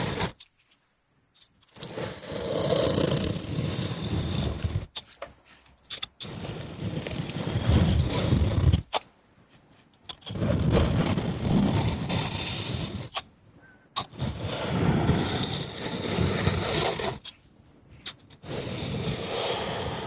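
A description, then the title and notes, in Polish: Wood sounds: rough, dense scraping or rubbing in long bursts of about three to four seconds, separated by short silent gaps. Each burst is full and grainy, heaviest in the low range with a hissy upper edge, and small clicks and bumps sit inside. ZAŚNIJ PRZY DŹWIĘKACH DREWNA! ASMR po polsku.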